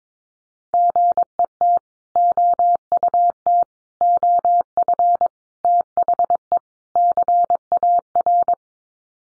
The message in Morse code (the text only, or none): GET OUT OF THE CAR